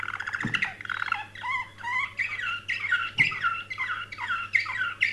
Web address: canary canary-sound